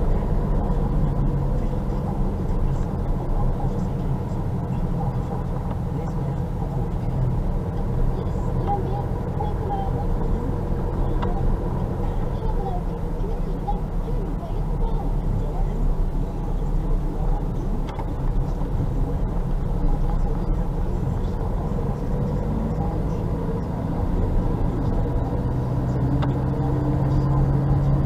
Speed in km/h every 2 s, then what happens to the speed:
23, 21, 21, 19, 19, 22, 19, 18, 17, 19, 22, 28, 32, 35.
0-16 steady at about 19. 16-28 speeds up to 35.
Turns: 3-10, 15-20.